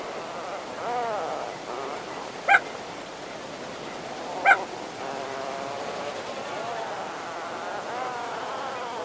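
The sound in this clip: Crested auklet calls, two sharp honking notes two seconds apart amid softer wavering calls.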